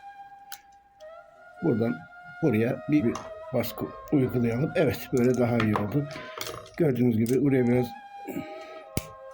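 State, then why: Seated. On a Jaguar X-Type, a cleaned PCV (crankcase ventilation) valve is pressed back into its plastic housing on the engine while someone talks. A faint tone runs underneath. A sharp click at 9.0 s is the valve snapping into place, fully seated.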